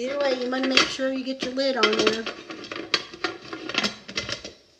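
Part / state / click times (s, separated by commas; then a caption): lid into pressure canner pot / seated / 2.9 s. The metal lid of a pressure canner is lined up by its arrows, set onto the pot and turned until it locks in place. Someone talks over clattering metal, and a sharp metallic clack at 2.9 s marks the lid seating and locking, followed by smaller knocks as it settles.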